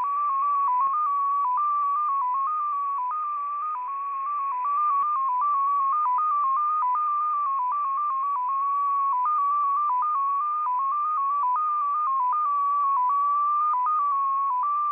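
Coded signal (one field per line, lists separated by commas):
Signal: numbers station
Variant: XPA2 MFSK data mode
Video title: XPA2 Data Mode 27/09/2023 0910 UTC 18206kHz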